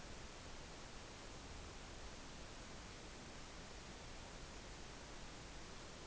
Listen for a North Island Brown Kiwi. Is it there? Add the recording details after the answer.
no. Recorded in New Zealand on 16 June 2014. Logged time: 02:19